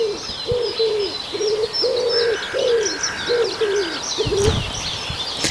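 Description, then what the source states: Common wood pigeon cooing, a low hollow rhythmic phrase of repeated soft notes, with high chirps of other birds behind. Heard live after sunrise.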